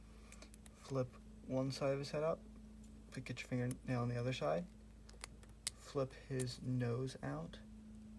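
Someone talks while handling a plastic transforming robot figure during its transformation, flipping one side of the head up and working the nose piece out, with small sharp plastic ticks around 0.3–0.7 s and 5.1–5.7 s over a faint steady hum. The nose piece has not yet snapped into its place in the head.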